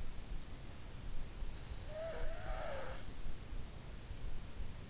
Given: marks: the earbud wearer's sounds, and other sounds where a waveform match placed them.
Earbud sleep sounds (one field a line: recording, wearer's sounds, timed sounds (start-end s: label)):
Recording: sounds in sleep by an in-ear microphone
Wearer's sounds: breath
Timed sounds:
1.39-3.90 s: breath